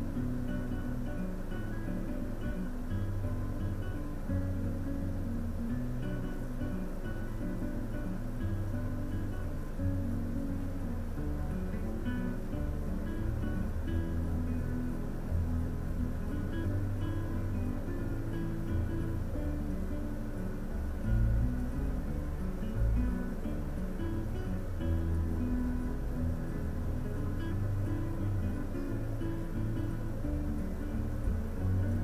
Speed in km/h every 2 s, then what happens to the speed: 0, 0, 0, 0, 0, 0, 0, 0, 0, 0, 0, 0, 0, 0, 0, 0.
0-32 standing.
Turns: none.